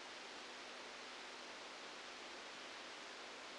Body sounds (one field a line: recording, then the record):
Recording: brain microelectrode recording played as sound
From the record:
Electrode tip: outside the subthalamic nucleus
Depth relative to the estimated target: -10 mm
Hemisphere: right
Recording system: NeuroSet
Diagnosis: Parkinson's disease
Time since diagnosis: 15 years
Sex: female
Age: 59 years